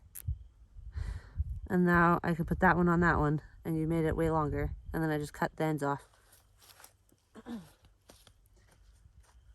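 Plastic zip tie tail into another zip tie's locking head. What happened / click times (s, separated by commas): The plastic tie tail clicked into its locking head / 0.2 s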